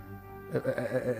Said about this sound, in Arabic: كمشت كده في مكاني وأنا قاعد وحضنت الشنطة زي العيال الصغيرة، لأني لقيت في قطة داخلة من باب الأوضة، جلدها أو شعرها أسود لكنه مش مغطي جسمها كله، زي ما تكون في حتت، مش زي ما يكون في حتت كتير متشال من عليها الشعر، فباين اللحم بتاعها أو الجلد.